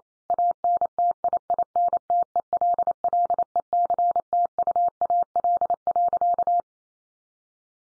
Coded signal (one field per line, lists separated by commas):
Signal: Morse code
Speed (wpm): 28 wpm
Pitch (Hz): 700 Hz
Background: none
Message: ANTIINTELLECTUAL.